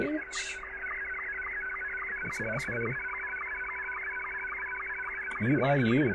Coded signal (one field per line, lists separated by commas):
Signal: SSTV (slow-scan television)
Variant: Scottie 2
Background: speech